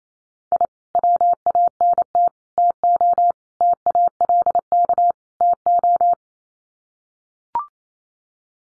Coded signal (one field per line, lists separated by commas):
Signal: Morse code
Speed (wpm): 28 wpm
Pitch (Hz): 700 Hz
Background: none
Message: I WANT TO TALK TO